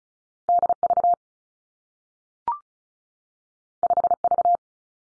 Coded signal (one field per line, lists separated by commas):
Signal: Morse code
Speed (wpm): 36 wpm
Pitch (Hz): 700 Hz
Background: none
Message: D V 5 V